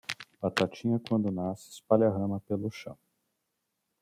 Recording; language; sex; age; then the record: short text; Brazilian Portuguese; male; 40 to 49 years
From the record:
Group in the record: control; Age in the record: 46 years